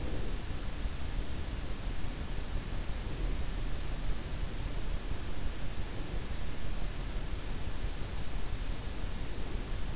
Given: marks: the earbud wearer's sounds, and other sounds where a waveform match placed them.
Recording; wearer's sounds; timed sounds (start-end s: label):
sounds in sleep by an in-ear microphone; breath
0.00-0.38 s: breath